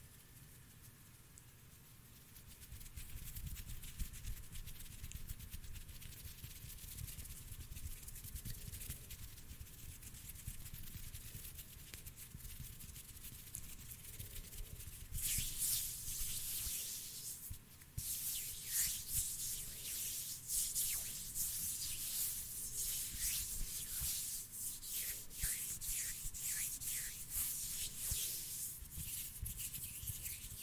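Hands rub and brush in a steady low scrubbing, turning brighter and hissier after about fifteen seconds with quick scratchy strokes.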